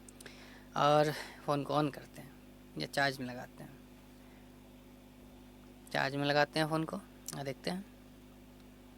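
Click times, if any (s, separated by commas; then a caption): none. A USB Type-C charging cable is handled near the charging port of a Samsung A70 phone after its broken FPC connector was replaced. Someone talks, and a few faint ticks occur near the start. The plug has not yet clicked or seated in the port.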